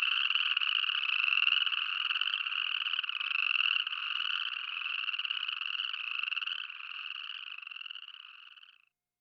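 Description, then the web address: Western Chorus Frog giving a continuous, fast pulsed trill that weakens and stops near the end. Western North America. "Dan Gibson Wildlife Identification By Sound, Western North America. Western Chorus Frog"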